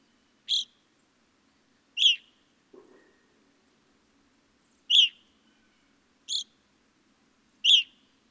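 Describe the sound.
Evening grosbeak uttering bright, clipped call notes, five of them with uneven gaps; a brief low rustle sounds once.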